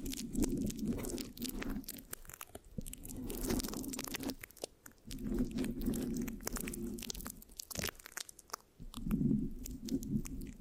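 Close mic scratching with sticky, crackly textures comes in dense bursts around 0-3, 3.5-4.5, 5-7 and 9-10.5 seconds, separated by brief pauses.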